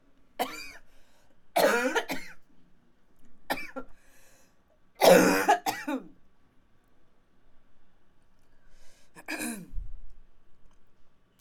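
About six harsh, irregular cough bursts, some doubled, over eleven seconds from an adult; a plain cough sound effect.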